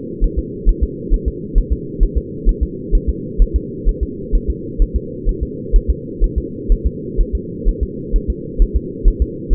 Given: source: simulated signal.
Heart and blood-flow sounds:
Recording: fetal heart sounds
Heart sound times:
0.24 s: S1
0.39 s: S2
0.69 s: S1
0.83 s: S2
1.14 s: S1
1.28 s: S2
1.58 s: S1
1.73 s: S2
2.03 s: S1
2.18 s: S2
2.49 s: S1
2.63 s: S2
2.95 s: S1
3.09 s: S2
3.42 s: S1
3.56 s: S2
3.89 s: S1
4.03 s: S2
4.35 s: S1
4.50 s: S2
4.82 s: S1
4.96 s: S2
5.29 s: S1
5.43 s: S2
5.76 s: S1
5.90 s: S2
6.24 s: S1
6.38 s: S2
6.72 s: S1
6.87 s: S2
7.21 s: S1
7.35 s: S2
7.69 s: S1
7.83 s: S2
8.16 s: S1
8.30 s: S2
8.62 s: S1
8.76 s: S2
9.08 s: S1
9.22 s: S2
9.53 s: S1
From the record:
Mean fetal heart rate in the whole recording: 130 bpm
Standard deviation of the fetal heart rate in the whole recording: 4 bpm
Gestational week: 38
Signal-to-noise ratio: -4.1 dB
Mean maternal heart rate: no maternal heart sound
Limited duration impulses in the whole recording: absent

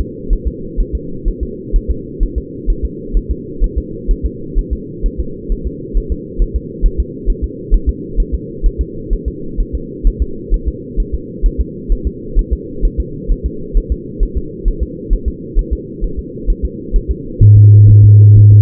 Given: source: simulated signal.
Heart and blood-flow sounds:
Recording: fetal heart sounds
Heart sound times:
0.01 s: S2
0.33 s: S1
0.47 s: S2
0.80 s: S1
0.95 s: S2
1.28 s: S1
1.43 s: S2
1.76 s: S1
1.91 s: S2
2.23 s: S1
2.38 s: S2
2.70 s: S1
2.85 s: S2
3.17 s: S1
3.31 s: S2
3.64 s: S1
3.78 s: S2
4.11 s: S1
4.25 s: S2
4.59 s: S1
4.73 s: S2
5.06 s: S1
5.20 s: S2
5.52 s: S1
5.67 s: S2
5.97 s: S1
6.12 s: S2
6.42 s: S1
6.56 s: S2
6.86 s: S1
7.00 s: S2
7.30 s: S1
7.44 s: S2
7.74 s: S1
7.89 s: S2
8.20 s: S1
8.34 s: S2
8.66 s: S1
8.81 s: S2
9.13 s: S1
9.28 s: S2
9.60 s: S1
9.75 s: S2
10.07 s: S1
10.22 s: S2
10.54 s: S1
10.68 s: S2
11.00 s: S1
11.15 s: S2
11.46 s: S1
11.61 s: S2
11.92 s: S1
12.07 s: S2
12.39 s: S1
12.53 s: S2
12.85 s: S1
13.00 s: S2
13.31 s: S1
13.46 s: S2
13.77 s: S1
13.92 s: S2
14.23 s: S1
14.37 s: S2
14.68 s: S1
14.83 s: S2
15.13 s: S1
15.28 s: S2
15.59 s: S1
15.73 s: S2
16.04 s: S1
16.19 s: S2
16.50 s: S1
16.65 s: S2
16.96 s: S1
17.11 s: S2
17.43 s: S1
17.57 s: S2
17.90 s: S1
18.04 s: S2
18.38 s: S1
18.52 s: S2
From the record:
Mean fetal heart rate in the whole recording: 130 bpm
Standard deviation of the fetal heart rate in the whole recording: 4 bpm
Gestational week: 38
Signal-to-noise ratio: -4.3 dB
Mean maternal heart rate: 72 bpm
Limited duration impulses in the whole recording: present

